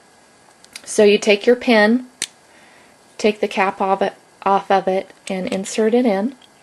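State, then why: Not seated. Someone talks while taking the cap off a gel pen and inserting the pen into a plastic pen adapter for a cutting machine, which is held by magnets. A brief sharp tap is heard near 2.2 s between the words, but the pen has not yet clicked or seated in the holder when the clip ends.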